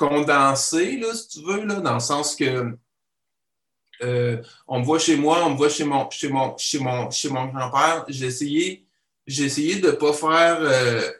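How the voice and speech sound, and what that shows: An adult man talks in conversational Quebec French, repeating the phrase "chez mon" four or five times before moving on, and restarting "j'ai essayé" after a short pause. There are stretched vowels and a pause of nearly two seconds mid-sentence. These repetitions, prolongations and stalls are typical of stuttering, a genetic and neurological condition he can control only up to a point.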